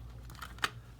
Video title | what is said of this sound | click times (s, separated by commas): How To Wall Mount A TV And Sound Bar - DIY EASY | and they should just snap in place, | 0.6 s